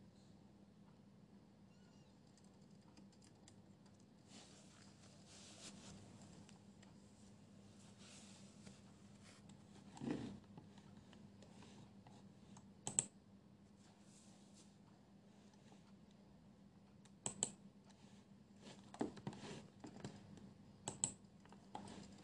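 Pencil scribbling and rustling paper over a steady low hum. Soft scratchy strokes come in scattered bursts, with sharper crackling louder moments near 10, 13, and 17 to 21 seconds, likely page flips or brisk scribbles. Quiet stretches sit between them.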